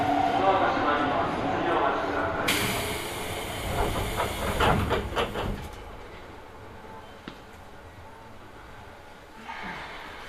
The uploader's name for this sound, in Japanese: 北総鉄道→都営浅草線 東松戸→人形町